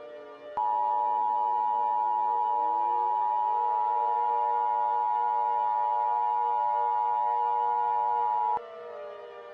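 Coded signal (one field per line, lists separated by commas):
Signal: Emergency Alert System (SAME) tones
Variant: 853 and 960 Hz attention tone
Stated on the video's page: Fictional asteroid impact scenario using valid EAS tones that activate SAME equipment.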